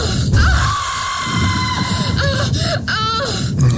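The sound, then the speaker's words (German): A high, wavering joyful scream, let out because an e-mail program works again, rises and falls over several seconds, with sharp squealing bursts near the end, loud and without accompanying talk. “Ah, mein E-Mail-Programm geht wieder, Nachtschwärmer, ich schreie vor Glück.”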